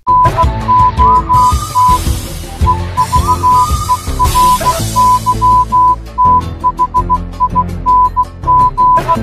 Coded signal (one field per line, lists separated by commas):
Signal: Morse code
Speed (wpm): 16 wpm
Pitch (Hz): 1000 Hz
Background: music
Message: NOT EVERYTHING